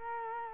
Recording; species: mosquito wingbeat signal from an infrared sensor; Culex quinquefasciatus